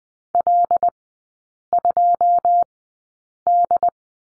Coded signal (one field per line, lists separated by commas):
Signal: Morse code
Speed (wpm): 20 wpm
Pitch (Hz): 700 Hz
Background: none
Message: L 2 D